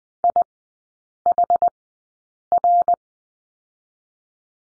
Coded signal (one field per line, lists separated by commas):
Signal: Morse code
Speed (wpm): 19 wpm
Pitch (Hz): 700 Hz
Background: none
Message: IHR